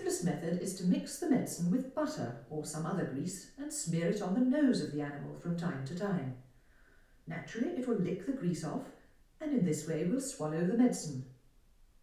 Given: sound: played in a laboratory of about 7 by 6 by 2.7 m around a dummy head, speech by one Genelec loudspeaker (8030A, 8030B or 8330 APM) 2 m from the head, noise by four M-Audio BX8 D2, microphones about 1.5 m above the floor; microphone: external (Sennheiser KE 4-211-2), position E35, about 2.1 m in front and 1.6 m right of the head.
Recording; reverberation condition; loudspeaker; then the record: female speech in English; medium; behind (180 degrees)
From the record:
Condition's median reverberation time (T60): about 510 ms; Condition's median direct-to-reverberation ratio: about -0.5 dB